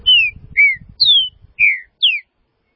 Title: Trinca Ferro